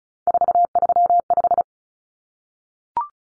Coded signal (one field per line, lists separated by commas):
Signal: Morse code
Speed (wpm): 34 wpm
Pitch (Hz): 700 Hz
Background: none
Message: 435